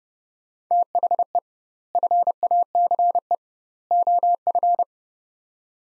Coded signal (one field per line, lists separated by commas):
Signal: Morse code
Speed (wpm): 32 wpm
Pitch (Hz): 700 Hz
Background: none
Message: THE FACE OF